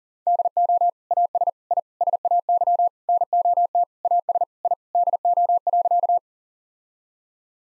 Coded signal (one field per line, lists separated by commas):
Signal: Morse code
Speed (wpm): 40 wpm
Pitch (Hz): 700 Hz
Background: none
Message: DO AS I SAY NOT AS I DO.